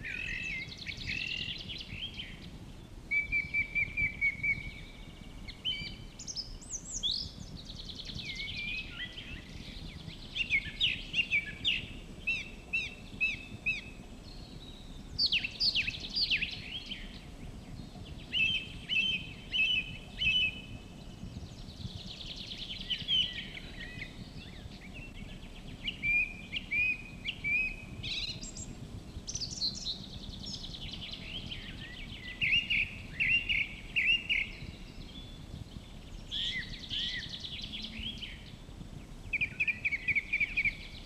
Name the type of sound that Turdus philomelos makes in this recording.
song